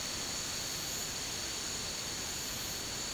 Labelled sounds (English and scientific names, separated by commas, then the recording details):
none
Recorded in dense forest near Puerto Asís, Putumayo, Colombia, on 24 March 2025 at 12:30
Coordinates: 0.485, -76.318
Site G056